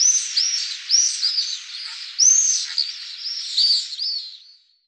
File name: rondone pallido